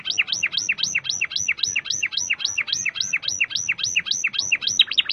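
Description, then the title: Canary song: a fast, steady run of bright rising-and-falling whistled notes, repeated about four times a second throughout. "Kenari"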